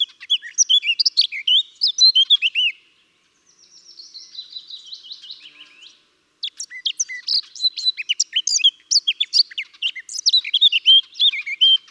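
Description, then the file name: Eurasian blackcap singing two bright bursts of varied whistled warbling, separated by a stretch of quiet, rapid, scratchy chatter before the loud fluty phrases return. "Sylvia atricapilla"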